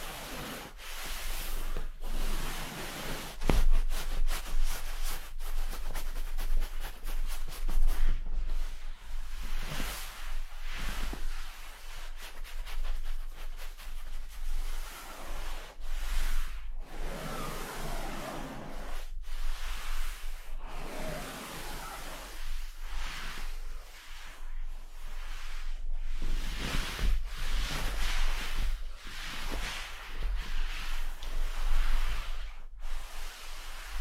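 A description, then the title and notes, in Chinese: Pillow and quilt fabric rubbing against each other, a soft continuous rustling hiss that swells and fades in slow, uneven strokes. Brief pauses break the sound every few seconds, and a low steady hum sits underneath throughout. 枕头、被子摩擦。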